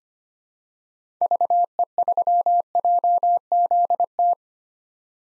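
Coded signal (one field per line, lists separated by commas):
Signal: Morse code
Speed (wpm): 25 wpm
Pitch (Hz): 700 Hz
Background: none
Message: VE3JZT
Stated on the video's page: Morse code head-copy drill of common POTA activator callsigns at 25 wpm, each sent, then spoken, then sent again.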